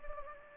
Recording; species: mosquito wingbeat signal from an infrared sensor; Anopheles gambiae